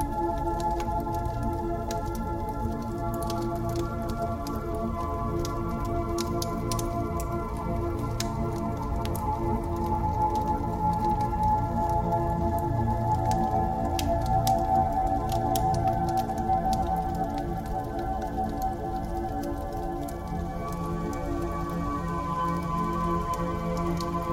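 Calm yoga music of steady, sustained tones over a low drone, holding an even level throughout, with faint soft ticks drifting above.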